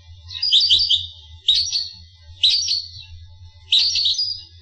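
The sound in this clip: Finch song in short high twittering bursts repeated roughly every second, each with quick chirped notes, over a soft low hum.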